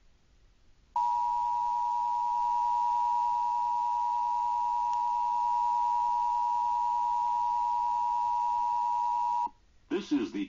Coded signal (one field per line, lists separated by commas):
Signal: Emergency Alert System (SAME) tones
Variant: 853 and 960 Hz attention tone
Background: speech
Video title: EAS Required Monthly Tests 4/14/20